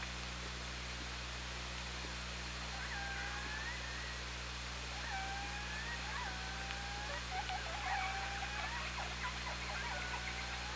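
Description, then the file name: Orca calls: a series of tonal, harmonic calls that swoop and bend, repeated from about three seconds onward over steady low hum and hiss. OrcaLab, 24 August 2017, 17:35. "Orca Lab 20170824 173512"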